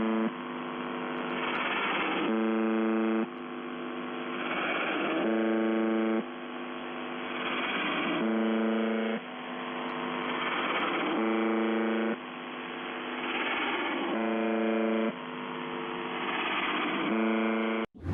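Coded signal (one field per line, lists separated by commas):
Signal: channel marker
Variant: UVB-76 (The Buzzer)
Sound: harsh low droning buzz repeating about six times, with hiss between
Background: radio static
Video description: 06:23 - UVB-76/The Buzzer (4625Khz) LIVE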